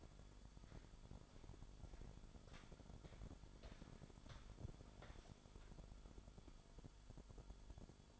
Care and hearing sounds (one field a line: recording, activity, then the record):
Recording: daily activity, microphone in the room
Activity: walk to room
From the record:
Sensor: 5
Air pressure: 1008.3 hPa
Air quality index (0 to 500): 127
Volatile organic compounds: 1 ppm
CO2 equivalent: 978 ppm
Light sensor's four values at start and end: 37/87/35/34 and 36/84/34/33